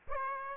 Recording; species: mosquito wingbeat signal from an infrared sensor; Aedes aegypti